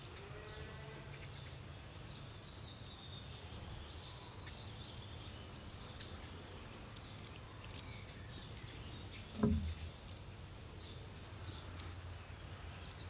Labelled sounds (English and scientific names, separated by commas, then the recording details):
Short-toed Treecreeper (Certhia brachydactyla) begging call
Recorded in the wild
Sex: group
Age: juvenile
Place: Schloß Holte-Stukenbrock, Senne, Nordrhein-Westfalen, DE
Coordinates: 51.8717, 8.66972
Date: 1973-06-03
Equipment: Uher 4200 Report Stereo, Bändchenmikro Beyer M 260, Parabolspiegel Polyester (600 mm)
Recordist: Conrads, Klaus